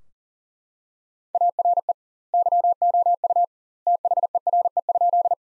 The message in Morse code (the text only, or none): ARE YOU THERE?